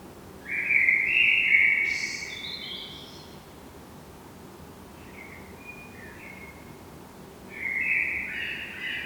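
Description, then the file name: Common blackbird song: a rich fluted phrase followed by a high scratchy twitter, a quieter snatch of warbling, then another mellow phrase. "Turdus merula"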